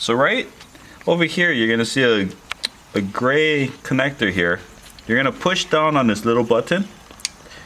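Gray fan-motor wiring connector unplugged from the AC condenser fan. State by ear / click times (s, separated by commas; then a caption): released / 7.3 s. A person talks while pressing the release button on the gray plastic electrical connector of the fan-motor wiring harness on a 2010 Honda Civic AC condenser fan, checking for power to the fan. A couple of faint ticks lead into a sharp click at 7.2 s as the latch releases and the connector is pulled out, unplugged.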